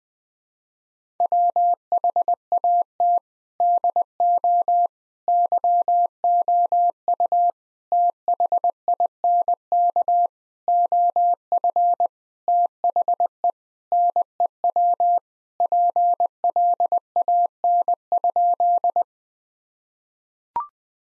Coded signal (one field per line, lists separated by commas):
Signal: Morse code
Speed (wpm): 21 wpm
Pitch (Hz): 700 Hz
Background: none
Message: WHAT DO YOU THINK OF THE NEW PLAN?